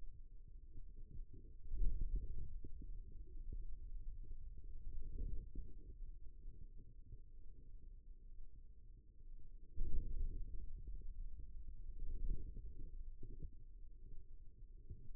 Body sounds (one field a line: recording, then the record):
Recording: forearm muscle sounds (acoustic myography)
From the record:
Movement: hand closing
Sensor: system 2, bracelet of six BSWA MPA416 microphones around the upper forearm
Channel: 3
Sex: male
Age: 22 years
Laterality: right